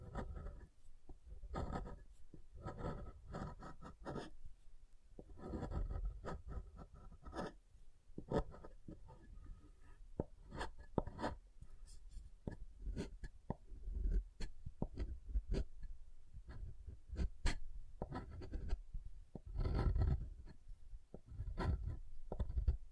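Soft tapping and carving on a bar of soap, a steady run of short, dry scrapes and taps with little pause between them. Most sounds are low and muffled, with brighter clicks scattered throughout and a few sharper taps around the middle and near the end.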